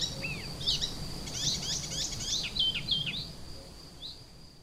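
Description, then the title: Icterine warbler giving a short burst of jumbled squeaky and buzzy notes, then a lone chirp, with a steady high tone and soft background rumble. Kirchdorf, Germany. "Kirchdorf, Deutschland - Gelbspötter"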